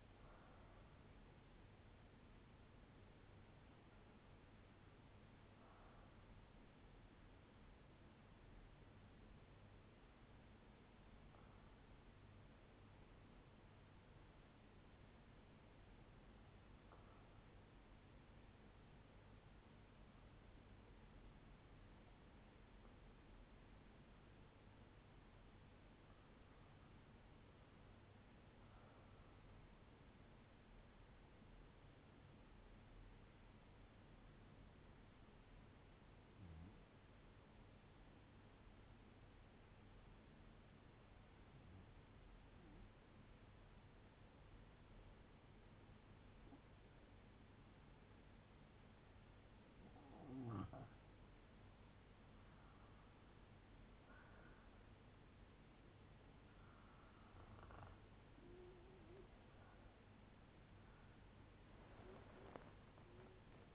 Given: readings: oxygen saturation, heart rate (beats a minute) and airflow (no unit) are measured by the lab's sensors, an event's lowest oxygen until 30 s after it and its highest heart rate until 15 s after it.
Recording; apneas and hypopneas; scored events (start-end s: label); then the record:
breathing in sleep by a voice recorder at the bedside; 1
18.00-52.10 s: hypopnea (REM, oxygen 97% highest, then 94% lowest, heart rate 64 at the start, 81 highest)
From the record:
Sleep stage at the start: REM sleep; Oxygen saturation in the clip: 93 to 97%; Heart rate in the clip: 51 to 70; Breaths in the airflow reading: 14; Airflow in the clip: -5.2 to 6.0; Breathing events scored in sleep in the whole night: 182 in 7.4 hours asleep